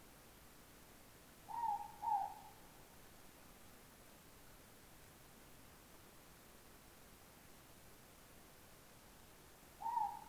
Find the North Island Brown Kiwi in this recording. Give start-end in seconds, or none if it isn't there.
none